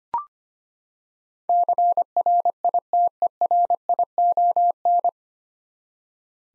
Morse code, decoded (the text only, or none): CRITERION